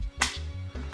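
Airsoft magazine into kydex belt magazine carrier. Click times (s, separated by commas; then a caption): 0.2 s. An airsoft magazine is pushed down into a rigid kydex magazine carrier on a battle belt. It seats with a sharp, solid click at 0.2 s, followed by a softer tap near the end, over a steady low hum. The magazine is seated in the carrier.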